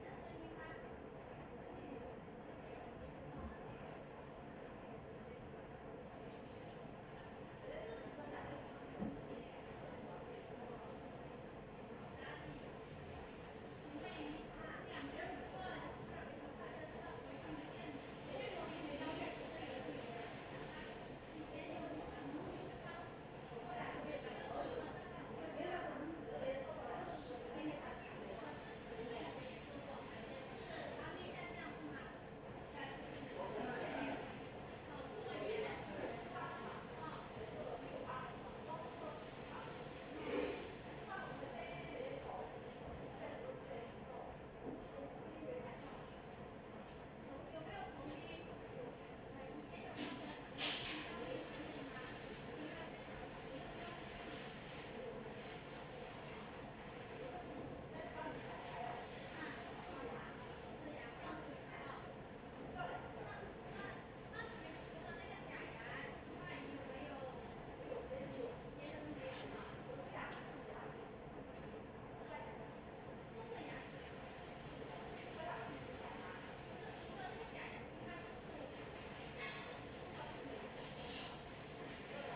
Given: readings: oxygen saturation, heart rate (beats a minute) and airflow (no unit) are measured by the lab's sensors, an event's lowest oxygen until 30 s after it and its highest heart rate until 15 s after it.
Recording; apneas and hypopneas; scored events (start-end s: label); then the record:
a person awake in a sleep study, by a smartphone at the bedside; none
0.00-82.36 s: awake
0.00-82.36 s: awake
From the record:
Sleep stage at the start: awake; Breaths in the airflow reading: 31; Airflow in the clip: -0.6 to 0.7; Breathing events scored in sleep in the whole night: 263 in 5.5 hours asleep